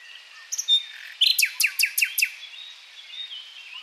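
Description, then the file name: Common nightingale phrase: a few short chips, then a quick series of loud, evenly spaced downslurred notes, fading into soft high warbling. "Luscinia megarhynchos"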